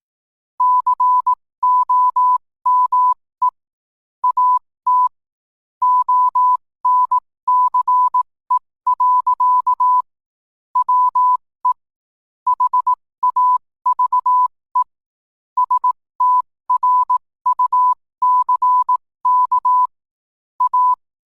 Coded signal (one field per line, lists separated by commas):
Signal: Morse code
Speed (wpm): 18 wpm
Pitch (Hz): 1000 Hz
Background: none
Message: COME AT ONCE. WE HAVE STRUCK A